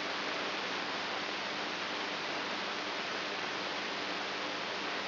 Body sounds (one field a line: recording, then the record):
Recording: brain microelectrode recording played as sound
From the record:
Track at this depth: outside the subthalamic nucleus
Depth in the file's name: 5.909 mm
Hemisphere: right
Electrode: 2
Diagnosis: Parkinson's disease